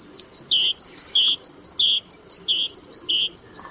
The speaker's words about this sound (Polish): No głównie to sikorki przylatują do tego karmnika, kowaliki też. Czasem się jakiś gil trafi, to już jest takie większe wydarzenie.